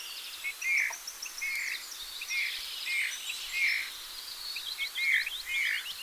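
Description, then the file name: Eurasian bullfinch uttering mellow whistled 'pew' notes, several at irregular intervals, over a background of thin twittering from other birds. "Pyrrhula pyrrhula"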